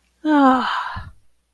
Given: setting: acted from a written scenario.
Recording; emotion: vocal sound without words; ecstasy